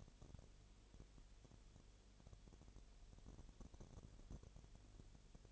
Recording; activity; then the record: daily activity, microphone in the room; no activity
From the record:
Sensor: 4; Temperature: 22.7 degrees Celsius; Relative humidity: 32.0%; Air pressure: 1008.1 hPa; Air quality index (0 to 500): 114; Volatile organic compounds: 2 ppm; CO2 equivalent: 1105 ppm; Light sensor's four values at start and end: 2/3/1/1 and 2/3/1/1